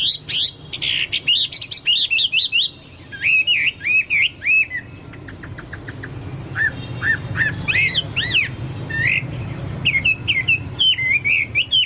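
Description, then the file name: Chinese hwamei singing varied whistled phrases: looping rising-falling notes in fast series, short clicky trills, and brief pauses between bursts. "hwamei-2-omkicau"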